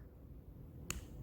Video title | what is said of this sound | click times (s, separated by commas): I got an ipod nano 7th generation unboxing and review | but they're actually not when i actually clicked it in you need to hear a click but now | 0.9 s